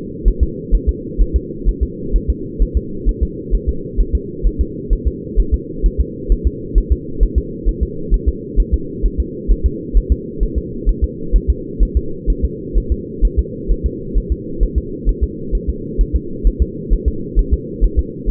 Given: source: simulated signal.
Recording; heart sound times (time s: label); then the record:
fetal heart sounds
0.28 s: S1
0.43 s: S2
0.75 s: S1
0.89 s: S2
1.21 s: S1
1.36 s: S2
1.69 s: S1
1.83 s: S2
2.16 s: S1
2.30 s: S2
2.62 s: S1
2.77 s: S2
3.09 s: S1
3.23 s: S2
3.55 s: S1
3.69 s: S2
4.00 s: S1
4.15 s: S2
4.47 s: S1
4.61 s: S2
4.93 s: S1
5.07 s: S2
5.39 s: S1
5.54 s: S2
5.86 s: S1
6.00 s: S2
6.32 s: S1
6.47 s: S2
6.78 s: S1
6.92 s: S2
7.23 s: S1
7.38 s: S2
7.69 s: S1
7.83 s: S2
8.14 s: S1
8.28 s: S2
8.60 s: S1
8.74 s: S2
9.06 s: S1
9.20 s: S2
9.52 s: S1
9.66 s: S2
9.97 s: S1
10.12 s: S2
10.43 s: S1
10.58 s: S2
10.89 s: S1
11.04 s: S2
11.36 s: S1
11.50 s: S2
11.83 s: S1
11.97 s: S2
12.30 s: S1
12.45 s: S2
12.78 s: S1
12.92 s: S2
13.25 s: S1
13.39 s: S2
13.71 s: S1
13.86 s: S2
14.17 s: S1
14.32 s: S2
14.63 s: S1
14.78 s: S2
15.09 s: S1
15.23 s: S2
15.55 s: S1
15.69 s: S2
16.01 s: S1
16.16 s: S2
16.47 s: S1
16.62 s: S2
16.93 s: S1
17.08 s: S2
17.39 s: S1
17.54 s: S2
17.84 s: S1
17.99 s: S2
18.30 s: S1
From the record:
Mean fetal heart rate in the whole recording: 130 bpm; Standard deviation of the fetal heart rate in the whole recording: 2 bpm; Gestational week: 36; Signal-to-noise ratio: -4.3 dB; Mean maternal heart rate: 72 bpm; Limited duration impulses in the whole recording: absent